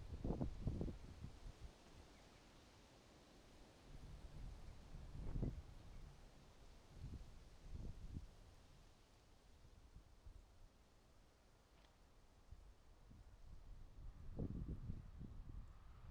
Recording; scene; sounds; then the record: everyday scene through a hearing-aid microphone; wind on the microphone; wind, traffic, birds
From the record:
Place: suburban garden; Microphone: in the ear canal, right